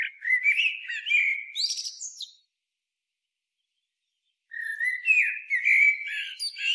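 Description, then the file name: Eurasian blackbird song: two warbling phrases separated by a pause, soft flute-like notes mixed with sharp high squeaks and twitters. "Turdus merula"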